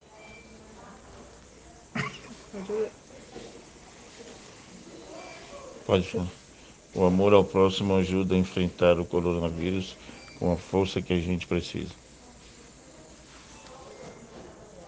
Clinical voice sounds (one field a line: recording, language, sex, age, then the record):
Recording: spoken sentence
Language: Brazilian Portuguese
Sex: male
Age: 50 to 59 years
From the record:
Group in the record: respiratory insufficiency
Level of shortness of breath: 5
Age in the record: 52 years